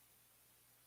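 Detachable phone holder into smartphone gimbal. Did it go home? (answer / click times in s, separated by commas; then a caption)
no / none. The detachable magnetic phone holder of a smartphone gimbal is handled as it is brought back toward the gimbal. Only a steady, faint broadband hiss is heard, with no distinct sounds. Nothing has seated or clicked yet.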